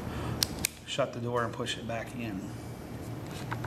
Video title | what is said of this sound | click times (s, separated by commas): 02 Removable parts 1 | put the sd card back in again it will only fit one way you push it until it clicks in | 0.4 s